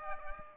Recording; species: mosquito wingbeat signal from an infrared sensor; Aedes aegypti